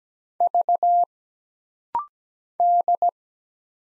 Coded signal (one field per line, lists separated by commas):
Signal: Morse code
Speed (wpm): 17 wpm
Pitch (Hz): 700 Hz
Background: none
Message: V D